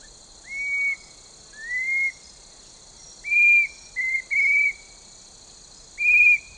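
Chestnut-breasted cuckoo giving clear whistled notes, each slightly rising then level, in a loose irregular series, over a steady high insect drone.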